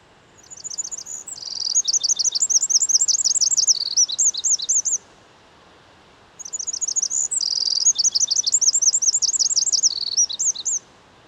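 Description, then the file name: Eurasian wren repeating its loud, high, rapid trilling song twice, each strophe lasting about four to five seconds with a short pause between them. "Troglodytes troglodytes"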